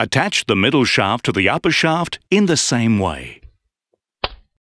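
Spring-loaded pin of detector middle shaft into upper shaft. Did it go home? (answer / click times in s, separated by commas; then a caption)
yes / 4.2 s. Someone talks for about 3.5 seconds while the middle shaft of a Minelab X-Terra metal detector is slid into the upper shaft. At 4.2 seconds, one sharp click is heard as the shaft's spring-loaded pin springs out into an adjustment hole, seating the joint.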